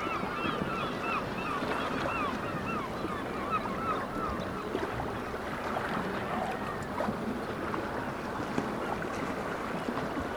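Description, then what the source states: Black-legged kittiwakes giving bursts of nasal arched calls, busiest early, among constant background roar and occasional clicks. Several kittiwakes recorded at Dunbar.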